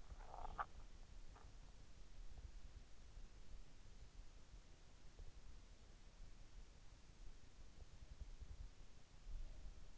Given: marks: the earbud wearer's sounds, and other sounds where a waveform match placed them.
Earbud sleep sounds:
sounds in sleep by an in-ear microphone; swallowing
0.00-1.30 s: swallowing

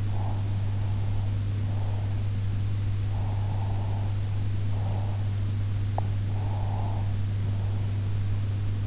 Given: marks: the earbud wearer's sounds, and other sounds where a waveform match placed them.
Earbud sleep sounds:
sounds in sleep by an in-ear microphone; breath
0.00-2.11 s: breath
3.02-5.19 s: breath
6.37-7.97 s: breath

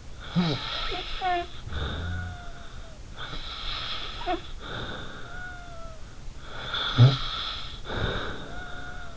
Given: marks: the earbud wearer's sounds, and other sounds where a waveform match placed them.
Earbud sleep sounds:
sounds in sleep by an in-ear microphone; snoring breath
0.17-3.03 s: snoring breath
1.63-2.96 s: sound from someone else or the room
3.15-6.10 s: snoring breath
6.49-9.17 s: snoring breath

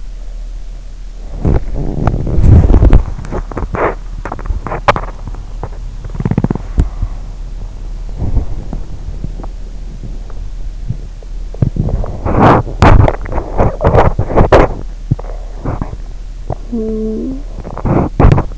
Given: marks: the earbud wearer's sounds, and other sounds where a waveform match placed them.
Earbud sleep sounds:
sounds in sleep by an in-ear microphone; breath, teeth grinding, body movement, talking in sleep
0.00-1.14 s: breath
1.35-3.06 s: teeth grinding
1.76-18.58 s: body movement
6.16-6.95 s: teeth grinding
16.60-17.62 s: talking in sleep

